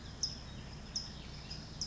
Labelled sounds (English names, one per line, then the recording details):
California Towhee
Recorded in Sonoma County, California